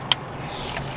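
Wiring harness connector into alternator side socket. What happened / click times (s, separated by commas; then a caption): The connector clicked into its socket / 0.1 s. While reinstalling after a water pump job on a 2007–2010 Scion/Toyota (tC, Corolla, Camry, xB or RAV4), a wiring harness plug is pushed onto the alternator's side-mounted socket. A single sharp, bright click rings out at 0.1 s over a steady low background hum, and the connector is seated.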